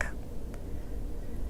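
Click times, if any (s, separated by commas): 0.5 s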